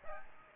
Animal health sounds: mosquito wingbeat signal from an infrared sensor; Aedes aegypti

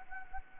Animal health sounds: mosquito wingbeat signal from an infrared sensor; Anopheles gambiae

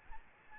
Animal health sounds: mosquito wingbeat signal from an infrared sensor; Aedes albopictus

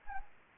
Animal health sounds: mosquito wingbeat signal from an infrared sensor; Anopheles gambiae

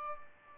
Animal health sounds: mosquito wingbeat signal from an infrared sensor; Aedes albopictus

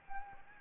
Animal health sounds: mosquito wingbeat signal from an infrared sensor; Anopheles gambiae

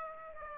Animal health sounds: mosquito wingbeat signal from an infrared sensor; Aedes aegypti

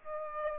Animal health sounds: mosquito wingbeat signal from an infrared sensor; Aedes aegypti

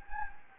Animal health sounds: mosquito wingbeat signal from an infrared sensor; Anopheles gambiae

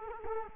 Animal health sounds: mosquito wingbeat signal from an infrared sensor; Culex quinquefasciatus

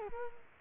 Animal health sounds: mosquito wingbeat signal from an infrared sensor; Culex quinquefasciatus

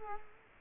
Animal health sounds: mosquito wingbeat signal from an infrared sensor; Culex quinquefasciatus

